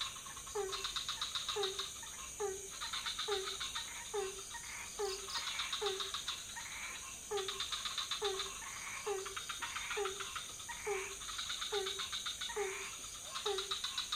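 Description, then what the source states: Frogs: frog chorus with a short croak repeating regularly, overlaid by loud rattling click trains and a constant high-pitched buzz in the background. Several frog species calling at night in a pond near a hotel in Ubud, Bali, Indonesia; recorded on Sony PCM D50 with Rode NT4 microphone on boompole.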